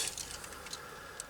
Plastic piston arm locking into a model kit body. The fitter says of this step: you can hear that click noise which is why some people might struggle do getting it out also